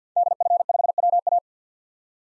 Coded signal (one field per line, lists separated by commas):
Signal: Morse code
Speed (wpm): 50 wpm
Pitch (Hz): 700 Hz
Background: none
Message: DF5WA